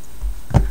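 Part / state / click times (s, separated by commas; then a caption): hinged kickstand on the back of a smartphone / released / 0.6 s. The built-in hinged kickstand on the back of a Sprint Evo 4G smartphone is flipped open, giving one sharp, satisfying click at 0.6 seconds over a low background hum. The kickstand clicks open, and then the phone is set down.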